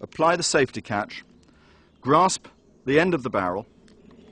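Someone talks while handling a BSA break-barrel spring air rifle, with the safety catch applied, gripping the end of the barrel to pull it down and cock it. The clip ends with a couple of faint soft ticks around 3.9 and 4.1 seconds, but the sear has not yet caught the spring piston, so nothing has clicked or seated yet.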